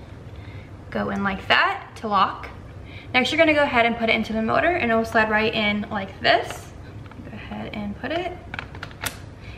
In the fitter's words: and you'll hear a click once it's in correctly so